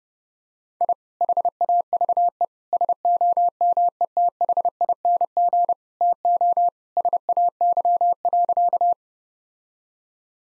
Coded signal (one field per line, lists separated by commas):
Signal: Morse code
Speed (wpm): 30 wpm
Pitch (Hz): 700 Hz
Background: none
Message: I HAVE SOMETHING TO SAY.